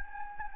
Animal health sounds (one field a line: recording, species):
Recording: mosquito wingbeat signal from an infrared sensor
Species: Anopheles gambiae